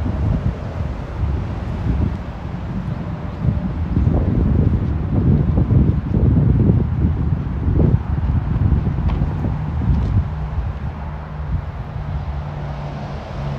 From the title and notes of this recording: Tel Aviv City Sounds. Walking In Ramat Aviv, Israel. Walking Around The Tel Aviv University.